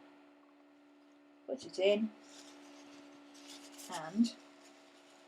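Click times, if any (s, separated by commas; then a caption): none. A plastic dabber top is handled and pushed toward the neck of a spray-ink bottle, with soft rubbing and scraping handling noises while someone talks. Nothing has clicked into place or seated yet.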